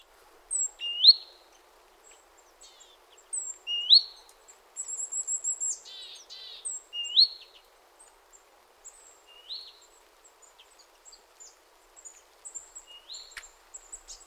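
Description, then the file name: Great tit call: a thin high note followed by a rising whistled upslur, repeated about every three seconds, with a brief burst of chatter midway. "Parus major"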